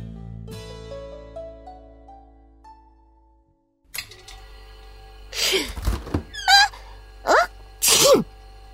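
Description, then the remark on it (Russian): A dog, Sonya, sneezes several times in quick succession, sharp, loud snorting bursts with short pauses between them, following a few seconds of soft, rising musical tones. “Сегодня все утро чихала.”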